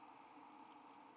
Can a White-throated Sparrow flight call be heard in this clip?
no